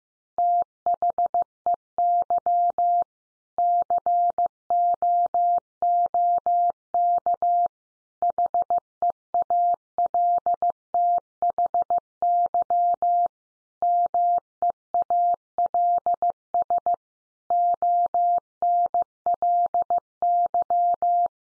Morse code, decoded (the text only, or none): THEY COOK HEALTHY MEALS ONLY